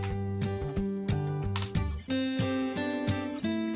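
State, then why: Seated. A plastic snap-on wire piece is pressed onto the pegs of a toy circuit base grid, with strummed acoustic guitar music playing throughout. A sharp click at 1.6 seconds marks the wire snapping into place on the grid, and it is seated.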